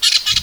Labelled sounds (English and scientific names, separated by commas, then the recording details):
Brown-throated Parakeet (Eupsittula pertinax) contact call
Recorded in Venezuela
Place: Guárico; Corozopando; Fundo La Fe
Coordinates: 8.506, -67.593